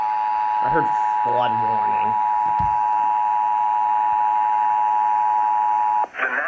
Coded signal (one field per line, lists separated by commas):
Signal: Emergency Alert System (SAME) tones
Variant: 853 and 960 Hz attention tone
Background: speech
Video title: EAS 115 FLOOD WARNING IN CHARLESTON